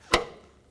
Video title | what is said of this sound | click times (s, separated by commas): How to Replace Hood Lift Support 2015-2019 Hyundai Sonata | We're going to put the bottom side in first, and it's just going to be a push into place until you hear a click. | 0.1 s